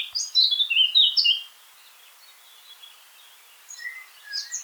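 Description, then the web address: Eurasian blackcap song: a short, loud burst of quick warbled notes, a quiet gap, then a few softer high notes near the end. "pub SETE data Sylvia atricapilla"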